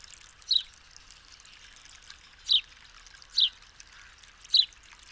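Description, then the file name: House sparrow calling with four quick descending chirps, unevenly spaced, over a soft background hiss. "Passer domesticus"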